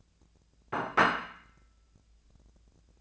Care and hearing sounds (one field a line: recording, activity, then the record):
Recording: daily activity, microphone in the room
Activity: place plate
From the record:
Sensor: 2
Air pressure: 1000.0 hPa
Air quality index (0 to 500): 132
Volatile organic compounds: 2 ppm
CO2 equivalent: 1129 ppm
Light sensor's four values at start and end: 24/60/25/28 and 23/59/25/27